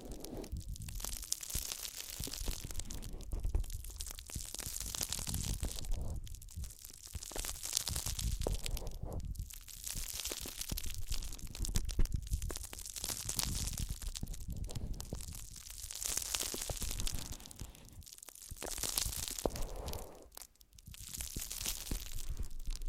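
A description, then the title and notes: Slow, gentle crinkling of plastic or foil comes in soft, bright waves every few seconds over a low steady rumble, briefly pausing near twenty seconds. ASMR Slow & Gentle Crinkle Triggers. (No Talking).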